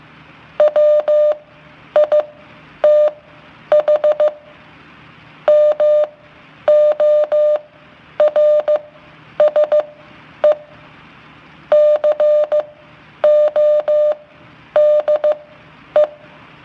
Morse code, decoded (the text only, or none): WITH MORSE CODE